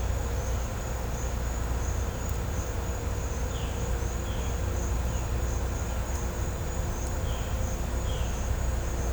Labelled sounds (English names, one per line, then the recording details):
none
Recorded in pastures near Puerto Asís, Putumayo, Colombia, on 16 December 2024 at 09:30
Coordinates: 0.502, -76.324
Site G077